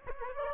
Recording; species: mosquito wingbeat signal from an infrared sensor; Aedes aegypti